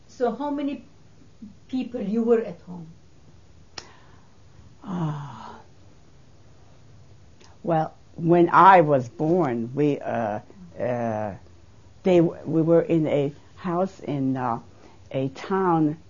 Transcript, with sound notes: So how many people you were at home?
( she sighs ) Well, when I was born we, they, we were in a house in a town